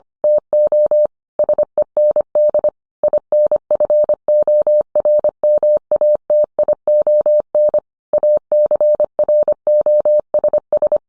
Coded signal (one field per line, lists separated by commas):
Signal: Morse code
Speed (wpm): 25 wpm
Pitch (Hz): 600 Hz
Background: none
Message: TO SEND INFORMATION ACROSS